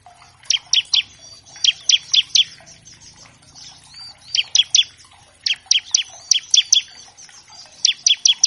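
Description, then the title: Bar-winged Prinia, repeated groups of several sharp high chips, pausing briefly between groups. Loud, chatty ciblek used as a master track to train captive songbirds of all kinds and prompt them to start singing quickly. "Masteran Ciblek Gacor Vs Kenari Gacor Untuk Masteran Semua Jenis Burung. Pancingan Ciblek bahan agar cepat bunyi. Burung Ciblek"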